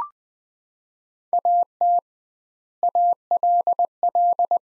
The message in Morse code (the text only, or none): AT ALL